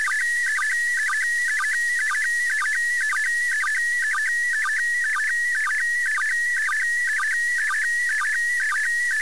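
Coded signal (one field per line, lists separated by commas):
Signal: SSTV (slow-scan television)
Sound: steady high warbling tone broken by quick low chirps about twice a second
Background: radio hiss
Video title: ISS Pass SSTV 2019 02 16 1922z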